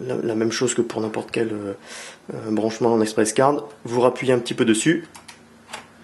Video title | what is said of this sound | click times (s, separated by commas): deballage hd80e.mp4 | et on entend un petit clipse, elle s elle s'est débloquée et vous pouvez la retirer sans souci. | 5.7 s